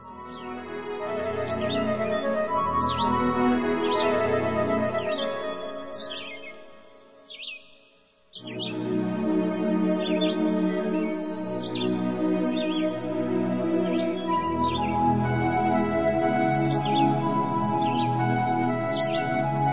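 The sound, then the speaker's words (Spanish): Birds chirp and sing steadily over a low, continuous hum of music, with repeated bright, quick upward tweets throughout and a brief dip in the background partway through. “Por eso observemos el ejemplo que nos dan los pájaros.”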